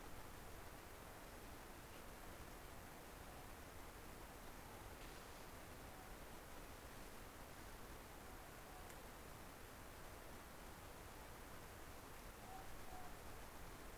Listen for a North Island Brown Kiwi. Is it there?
no